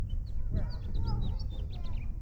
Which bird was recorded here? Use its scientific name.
Haemorhous mexicanus